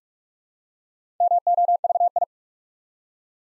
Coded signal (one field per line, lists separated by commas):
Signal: Morse code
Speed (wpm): 44 wpm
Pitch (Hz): 700 Hz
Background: none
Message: MOVI